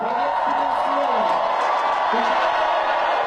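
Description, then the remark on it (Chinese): Steady, dense crowd applause with cheering, loud and continuous, a few voices whooping over the clapping, in the theatre of the Okean All-Russian Children's Centre in Vladivostok, at a ceremony marking ten years since it hosted Wenchuan earthquake children, as Xi Jinping and Vladimir Putin give speeches. “在热烈的掌声和欢呼声中，两国元首分别发表讲话。”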